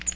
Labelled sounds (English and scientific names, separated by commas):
Magnolia Warbler (Setophaga magnolia) flight call